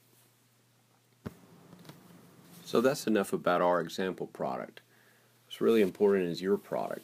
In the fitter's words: away from each other until they're aligned in which case they they click into place